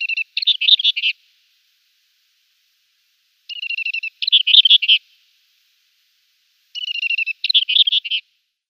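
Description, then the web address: Scrub Warbler song: three high phrases about three seconds apart, each a rapid buzzy trill of repeated notes followed by a jumbled twittering flourish, against a quiet background. "Schulze Peter Scrub Warbler"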